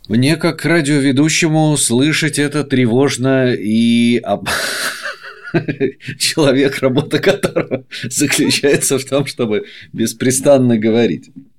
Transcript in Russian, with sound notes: Мне как радиоведущему слышать это тревожно и… (смеется) Человек, работа которого заключается в том, чтобы беспрестанно говорить…